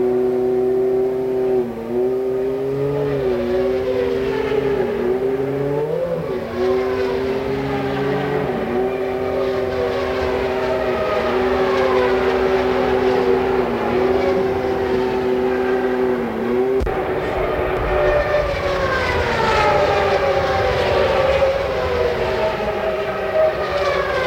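IndyCar engines whine steadily, a sustained high-pitched drone that dips and wavers as cars pass, with overlapping tones sliding up and down. The roar stays dense and loud throughout, and around seventeen seconds the pitch shifts as another car's note takes over.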